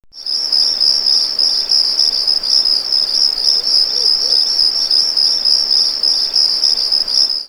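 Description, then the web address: Insect chirping: a continuous high, shrill pulsing trill, rapid and steady throughout, with faint softer chirp groups beneath and no other clear sounds. "X-Static Goldmine. Nature. Insect"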